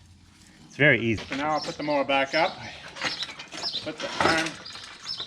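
Someone talks while handling the lift arm of the cutter bar on a horse-drawn mowing machine, getting ready to raise the mower back up so the arm latches. A brief sharp sound comes at about 3.4 s, but nothing has seated or clicked yet.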